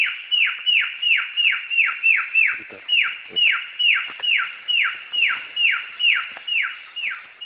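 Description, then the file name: Samyong calling: a clear whistled note that sweeps sharply downward, repeated steadily a little over twice a second for the whole stretch. Recorded in forest. "suara burung samyong di hutan"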